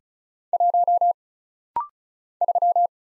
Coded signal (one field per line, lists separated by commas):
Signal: Morse code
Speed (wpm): 35 wpm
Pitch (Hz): 700 Hz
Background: none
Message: 1 3